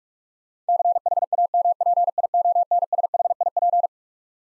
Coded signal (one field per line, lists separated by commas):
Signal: Morse code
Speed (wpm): 46 wpm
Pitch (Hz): 700 Hz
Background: none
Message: CHAMPIONSHIP